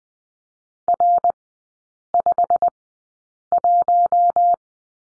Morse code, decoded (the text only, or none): R51